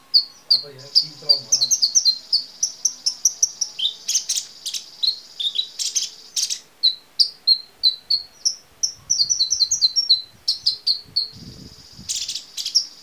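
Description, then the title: Small bird singing a fast run of high, sharp chirps, many short notes tumbling close together. "Burung Kecil"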